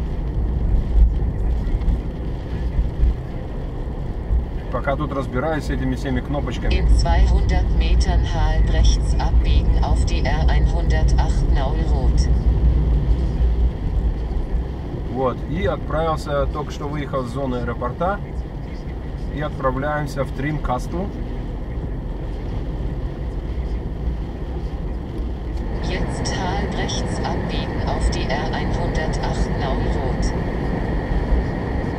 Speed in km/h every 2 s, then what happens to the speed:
34, 37, 37, 32, 31, 37, 37, 33, 28, 29, 34, 37, 35, 34, 39, 40.
4-8 slows to 31. 8-12 speeds up to 37. 12-17 slows to 28. 17-21 speeds up to 37. 21-26 steady at about 35. 26-32 speeds up to 40.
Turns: none.